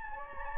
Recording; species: mosquito wingbeat signal from an infrared sensor; Anopheles gambiae